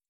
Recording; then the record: hydrophone in a shrimp aquaculture tank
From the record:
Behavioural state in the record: stressed